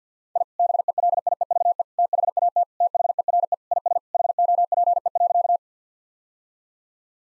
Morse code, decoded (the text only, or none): I BELIEVE THAT THERE IS HOPE.